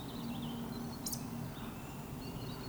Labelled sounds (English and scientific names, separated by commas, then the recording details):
Eurasian Woodcock (Scolopax rusticola)
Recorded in Baden-Württemberg, Germany, on 16 June 2020 at 19:42 UTC
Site 14569, 102 m above sea level